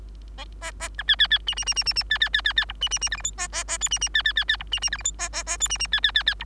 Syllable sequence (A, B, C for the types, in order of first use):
A A B C C C D D D D D D C C C C C E D D D F G H A A A I D D C C C C E D D F G H A A A I D D C C C C E